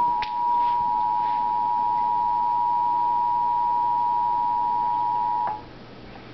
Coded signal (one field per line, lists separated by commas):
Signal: Emergency Alert System (SAME) tones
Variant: 853 and 960 Hz attention tone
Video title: emergency alert system-flash flood warning